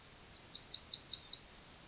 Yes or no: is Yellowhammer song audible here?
yes